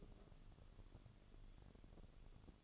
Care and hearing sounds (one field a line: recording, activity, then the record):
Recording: daily activity, microphone in the room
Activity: take from stove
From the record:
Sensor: 4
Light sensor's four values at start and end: 10/22/9/8 and 10/22/9/8